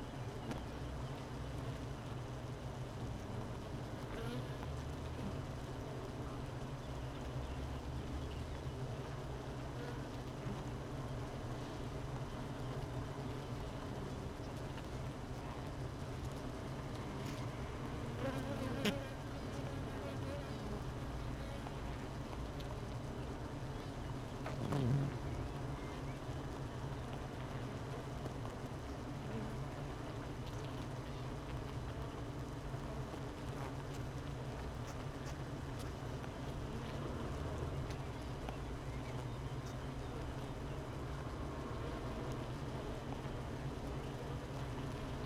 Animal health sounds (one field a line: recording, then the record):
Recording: honeybee colony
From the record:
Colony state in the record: missing queen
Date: 31 May 2018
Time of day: 13:07